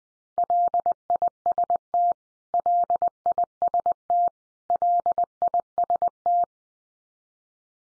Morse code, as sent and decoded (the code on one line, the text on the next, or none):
.-.. .. ... - / .-.. .. ... - / .-.. .. ... -
LIST LIST LIST